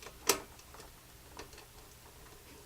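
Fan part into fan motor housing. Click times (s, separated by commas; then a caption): 0.3 s. While a cleaned fan is being reassembled, a part, possibly the motor housing or grill piece, is pressed back onto the fan motor housing and snaps down into its groove. A sharp, bright click at 0.3 s marks it locking into place, followed by a fainter tick at 1.4 s over a low, steady background. The part is seated.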